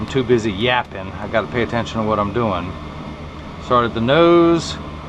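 A prescription lens is being worked into a Ray-Ban Carbon Fiber 8411 semi-rimless eyeglass frame, with the nylon string being restarted at the nose. Someone talks throughout while handling the lens and frame. Nothing has seated or clicked yet.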